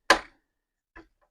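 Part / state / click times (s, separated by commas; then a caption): plastic model parts into a model frame / seated / 0.1 s. Raised plastic parts of a Fanhome Star Wars Millennium Falcon model (pack 11, issue 47) are pressed into the model frame. A sharp, bright snap at 0.1 s is followed by a much quieter click near 1.0 s. The parts pop into place and are confirmed seated.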